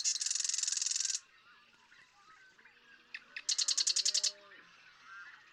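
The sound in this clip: Marsh Wren song: a dense, high buzzy rattle lasting about a second, then a few sharp ticks leading into a second rapid mechanical trill.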